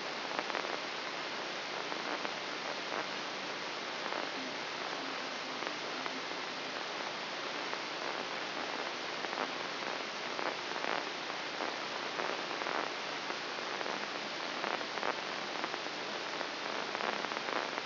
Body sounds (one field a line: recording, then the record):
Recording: brain microelectrode recording played as sound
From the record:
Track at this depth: inside the subthalamic nucleus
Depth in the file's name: 3.313 mm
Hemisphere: left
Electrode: 3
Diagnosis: Parkinson's disease